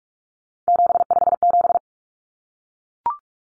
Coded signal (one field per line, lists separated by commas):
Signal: Morse code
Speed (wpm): 44 wpm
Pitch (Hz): 700 Hz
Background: none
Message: 757